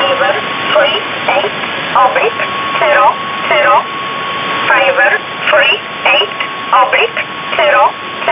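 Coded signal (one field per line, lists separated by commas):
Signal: numbers station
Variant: E11, English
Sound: short evenly spaced spoken words over radio hiss with a faint steady tone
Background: radio static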